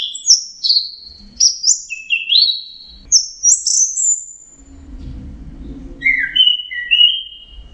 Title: Burung Anis Merah